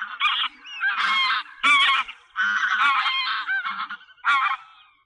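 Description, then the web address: Goose honking: loud, harsh nasal calls in quick bursts, with brief pauses between groups. "sonidos ansar"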